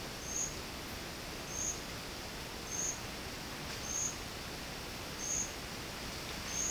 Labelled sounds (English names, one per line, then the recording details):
none
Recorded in dense forest near Puerto Asís, Putumayo, Colombia, on 24 March 2025 at 12:00
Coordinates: 0.500, -76.322
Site GP06